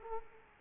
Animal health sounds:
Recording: mosquito wingbeat signal from an infrared sensor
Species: Culex quinquefasciatus

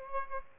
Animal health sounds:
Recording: mosquito wingbeat signal from an infrared sensor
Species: Aedes albopictus

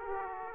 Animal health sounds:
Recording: mosquito wingbeat signal from an infrared sensor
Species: Aedes aegypti

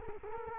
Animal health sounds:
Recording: mosquito wingbeat signal from an infrared sensor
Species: Culex quinquefasciatus

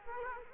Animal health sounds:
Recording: mosquito wingbeat signal from an infrared sensor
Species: Culex quinquefasciatus

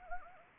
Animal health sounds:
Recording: mosquito wingbeat signal from an infrared sensor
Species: Anopheles arabiensis

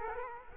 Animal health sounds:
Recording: mosquito wingbeat signal from an infrared sensor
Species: Culex quinquefasciatus

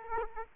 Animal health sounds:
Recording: mosquito wingbeat signal from an infrared sensor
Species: Aedes aegypti

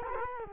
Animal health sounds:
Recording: mosquito wingbeat signal from an infrared sensor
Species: Culex quinquefasciatus

